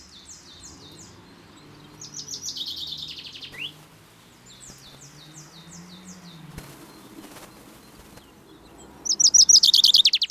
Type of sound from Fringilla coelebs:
song